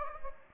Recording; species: mosquito wingbeat signal from an infrared sensor; Anopheles gambiae